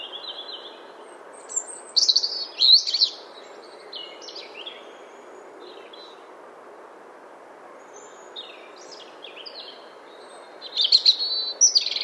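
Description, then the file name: European robin song: high, sweet, varied phrases of trills and quick slurred notes, loudest near the start and again near the end, over continuous low hiss. "Erithacus rubecula"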